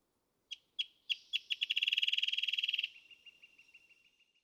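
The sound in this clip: Wrentit song: spaced sharp notes quickly accelerating into a fast trill, then slowing into softer, fading notes at the end.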